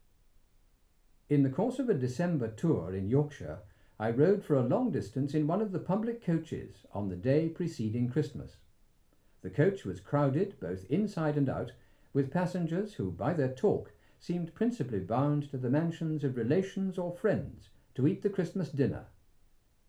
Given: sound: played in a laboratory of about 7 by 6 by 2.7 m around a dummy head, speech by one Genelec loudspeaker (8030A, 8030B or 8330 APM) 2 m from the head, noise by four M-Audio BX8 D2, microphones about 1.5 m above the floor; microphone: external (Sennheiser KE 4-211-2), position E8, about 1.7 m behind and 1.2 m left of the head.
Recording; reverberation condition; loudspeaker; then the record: male speech in English; low; 120 degrees to the left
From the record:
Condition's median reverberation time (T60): about 310 ms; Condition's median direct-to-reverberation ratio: about 3.5 dB